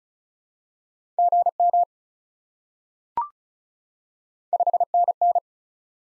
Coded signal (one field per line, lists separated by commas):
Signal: Morse code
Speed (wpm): 34 wpm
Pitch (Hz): 700 Hz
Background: none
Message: GM 5NN